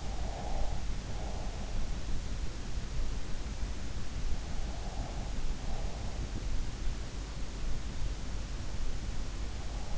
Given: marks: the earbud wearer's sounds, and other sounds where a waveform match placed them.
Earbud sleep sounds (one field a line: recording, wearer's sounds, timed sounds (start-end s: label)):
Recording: sounds in sleep by an in-ear microphone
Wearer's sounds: breath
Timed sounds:
0.00-1.57 s: breath